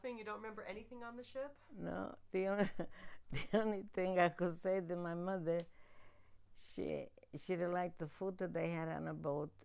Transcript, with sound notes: You don't remember anything on the ship?
No. The only thing... ( she laughs ) The only thing I could say that my mother, she didn't like the food that they had on the boat,